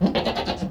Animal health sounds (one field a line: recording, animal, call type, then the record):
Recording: contact call of a hoofed animal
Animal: goat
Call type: low-frequency (closed-mouth) or high-frequency (open-mouth) call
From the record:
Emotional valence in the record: negative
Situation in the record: food frustration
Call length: 0.71 s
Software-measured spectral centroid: 1950 Hz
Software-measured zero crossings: 1840 a second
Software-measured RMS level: -23 dBFS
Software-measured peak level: -9 dBFS